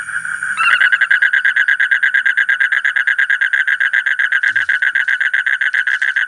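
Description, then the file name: Asian common toad breaking into a rapid pulsed trill after a brief low rumble, continuing steadily to the end. "suara kodok bangkong kolong kodok buduk"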